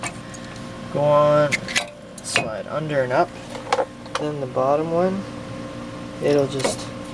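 During brake caliper reassembly, a brake pad with a metal backing and retaining clip is being fitted into the caliper bracket: its top end goes in first, and then the lower end is worked toward place while someone talks over faint handling noises. The clip ends before the pad goes home, so nothing has seated or clicked yet.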